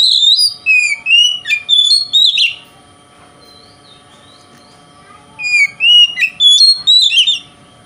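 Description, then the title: Oriental magpie-robin song: two bursts of loud, rapid whistled notes sliding up and down, with a quiet gap of about three seconds between them. Song style called kacer konslet in the Indonesian title. "Kacer Konslet Bikin Kacer Lain"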